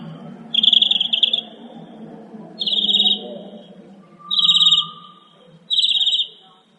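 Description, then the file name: Northern mockingbird singing, four bright buzzy trilled phrases separated by pauses, over a low rumbling background hum. "kicauan-burung-northern-mockingbird -omkicau"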